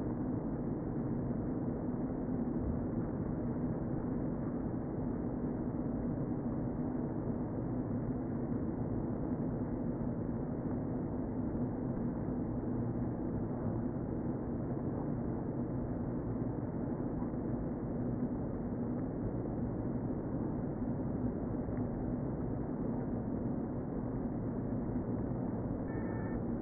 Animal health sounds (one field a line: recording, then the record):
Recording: honeybee colony, microphone inside the hive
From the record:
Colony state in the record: queen present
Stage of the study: before two queens were removed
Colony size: about 60,000 bees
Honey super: yes